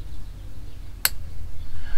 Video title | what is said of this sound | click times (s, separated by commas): PRODUCT REVIEW: RinseKit Plus Portable Shower Review | you hear that click you know that the spigot is on the adapter or the bib and then | 1.1 s